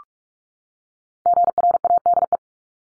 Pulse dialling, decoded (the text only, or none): none